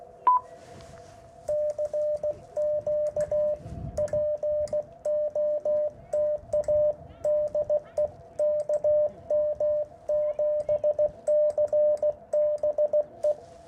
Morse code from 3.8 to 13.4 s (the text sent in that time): POTA DE KM7CBE